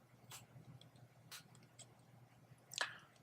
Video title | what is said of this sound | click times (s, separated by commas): Motorola | you go I can even hear the click | 2.7 s, 2.8 s